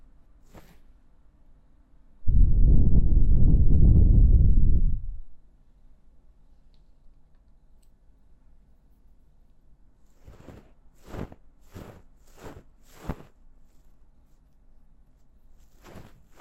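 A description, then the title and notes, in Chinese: A soft, rumbling three-second breath of ear blowing early on, then quiet, followed by a quick run of crisp scratchy ear-cleaning ticks. ASMR×KU100。掏耳．梵天．馬尾絲。Deep Ear Cleaning。Ear Blowing。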